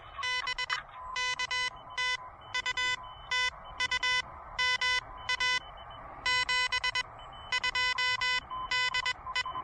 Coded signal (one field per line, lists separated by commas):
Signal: Morse code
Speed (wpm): 21 wpm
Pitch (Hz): 2000 Hz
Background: none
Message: BK TU TU MA 72 DE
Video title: Elecraft KH1 Pedestrian Mobile Quickie POTA Activation!